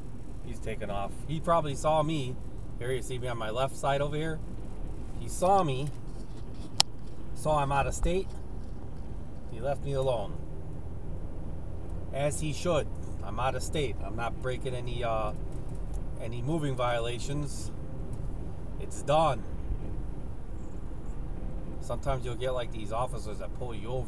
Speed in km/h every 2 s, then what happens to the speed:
45, 45, 45, 45, 47, 52, 55, 56, 55, 58, 58, 60.
0-7 steady at about 45. 7-12 speeds up to 55. 12-24 steady at about 56.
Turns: none.